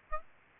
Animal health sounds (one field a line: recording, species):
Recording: mosquito wingbeat signal from an infrared sensor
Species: Aedes aegypti